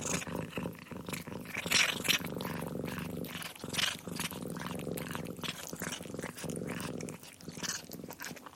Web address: zvuci na hrana za domasni lubimci kotka mrka i ade hrana